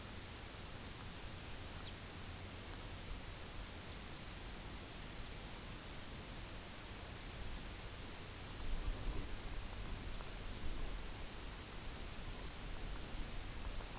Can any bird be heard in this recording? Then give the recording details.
yes. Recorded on Arctic tundra, site UTQI-0, on 17 June 2019. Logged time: 18:00